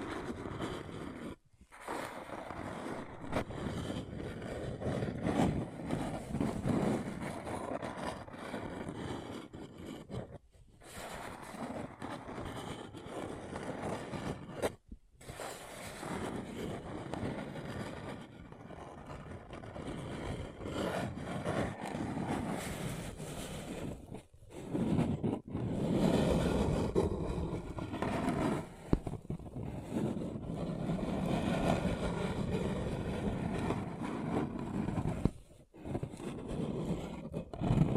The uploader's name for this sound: Paper Cup Tingles